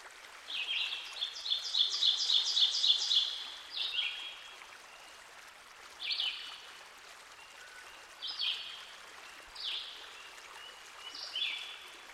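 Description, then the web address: Ovenbird song: quick repeated double notes building to a loud climax, then several isolated sliding high notes. Recorded by a stream. "Dan Gibson Songbirds By The Stream. Ovenbird"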